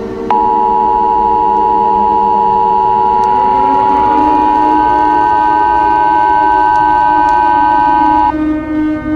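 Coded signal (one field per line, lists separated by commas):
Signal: Emergency Alert System (SAME) tones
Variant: 853 and 960 Hz attention tone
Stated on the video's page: Fictional EAS scenario about the hypothetical star Nemesis.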